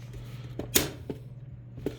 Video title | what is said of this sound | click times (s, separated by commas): #2024 #battery #replacement #jvc #monster #part2 | got those snapped in both both at the same time helps out a lot | 0.8 s